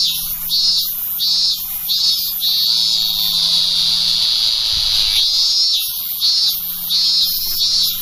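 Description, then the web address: Robust cicada singing, with rhythmic shrill pulses merging into a long continuous whine, then pulsing again; a faint low hum underneath. "sikioto insect minminzemi"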